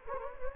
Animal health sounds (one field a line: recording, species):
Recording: mosquito wingbeat signal from an infrared sensor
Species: Anopheles gambiae